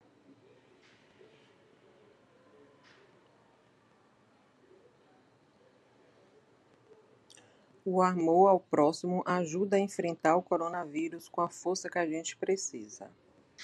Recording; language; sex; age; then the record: spoken sentence; Brazilian Portuguese; female; 50 to 59 years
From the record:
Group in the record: control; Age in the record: 57 years